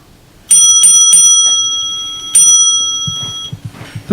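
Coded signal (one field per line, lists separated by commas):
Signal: bell signal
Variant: railway block bell code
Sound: three quick rings of a small bell, a pause, then one more ring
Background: small room, faint knocks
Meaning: The signalman is being offered a passenger train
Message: 3-1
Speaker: the Bell code 31 heard from the signal box tells us that the signman is being offered a passenger train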